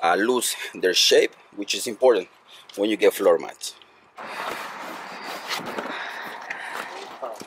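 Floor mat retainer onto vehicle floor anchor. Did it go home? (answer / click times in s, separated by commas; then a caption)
yes / 6.5 s. Someone talks, then a molded plastic LASFIT floor mat is pressed down onto the floor retention hook of a 2022-and-up Toyota Tundra, with steady rustling handling noise. A short sharp click at 6.5 s marks the mat's retainer locking in place, followed by a fainter tick near the end.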